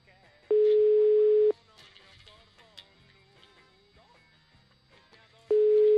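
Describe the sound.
A steady, mid-pitched telephone call tone from a call placed on the radio show La Zanzara sounds loudly for about a second, then returns after a four-second pause. Faint voices and background sound fill the gap.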